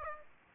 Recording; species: mosquito wingbeat signal from an infrared sensor; Aedes aegypti